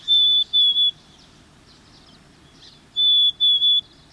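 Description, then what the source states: Black-capped Chickadee whistled song: a clear, pure, high note followed by two shorter notes. The phrase is given twice, about three seconds apart, over faint background noise. Plaintive whistled song.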